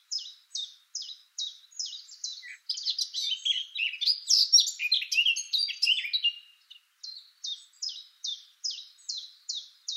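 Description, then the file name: Eurasian blackcap song: evenly spaced repeated notes, a loud jumbled warble, then the repeated notes return. "Sylvia atricapilla"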